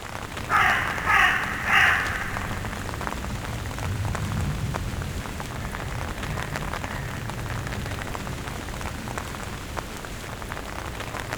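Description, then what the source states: Northern raven croaks: three hoarse, harsh calls in quick succession at the start, then steady rain filling the rest. Very hoarse sound heard in the treetops; the species is returning in the Pyrenees after becoming less widespread.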